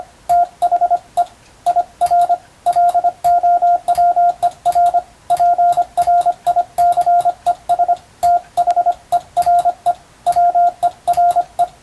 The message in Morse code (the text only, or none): THEIR LOWER PRICES THERE WERE